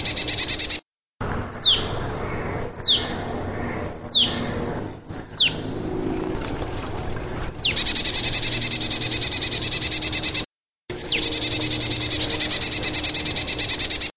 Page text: Hampshire Ornithological Society 2023 Marsh Tit Survey